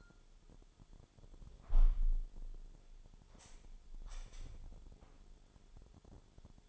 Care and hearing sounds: daily activity, microphone in the room; close window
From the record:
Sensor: 5

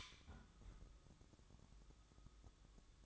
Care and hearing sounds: daily activity, microphone in the room; close fridge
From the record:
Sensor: 3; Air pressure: 1007.7 hPa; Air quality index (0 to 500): 61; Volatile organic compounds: 1 ppm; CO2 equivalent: 613 ppm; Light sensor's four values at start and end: 14/32/13/14 and 14/32/13/14

